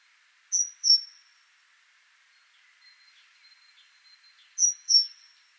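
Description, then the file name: Great tit: two bright, high notes with drawn-out tails, repeated after about four seconds, soft twittering and a faint thin tone between. "Parus major"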